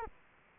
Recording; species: mosquito wingbeat signal from an infrared sensor; Culex quinquefasciatus